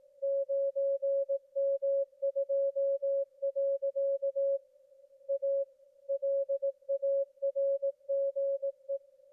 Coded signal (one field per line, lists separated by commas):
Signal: Morse code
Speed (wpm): 18 wpm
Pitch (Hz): 550 Hz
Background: none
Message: 9M2. A LARGE